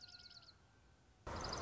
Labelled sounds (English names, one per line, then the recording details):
Dark-eyed Junco
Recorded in Sonoma County, California